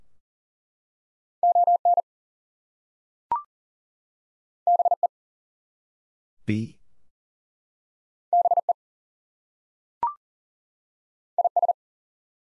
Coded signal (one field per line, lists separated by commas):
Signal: Morse code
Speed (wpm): 39 wpm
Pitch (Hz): 700 Hz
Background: none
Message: ON BE BE IS